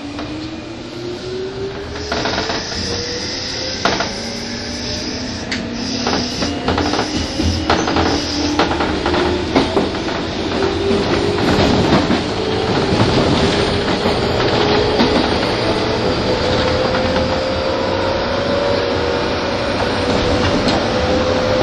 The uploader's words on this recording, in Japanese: 一昔前まで中央線東京口の主役だった201系、優等運用となる中央特快を収録したものです。201系 中央特快 01/01: 東京～高尾。